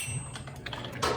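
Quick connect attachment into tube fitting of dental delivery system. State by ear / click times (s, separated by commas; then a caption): seated / 0.7 s. The sleeve of a small quick-connect attachment on a dental delivery system is pulled back and the fitting is pushed into the tube, making a few soft plastic taps before a sharp, short click at 0.7 s. Brief ticks follow, then a louder rustle near the end. The quick-connect fitting is seated in the tube.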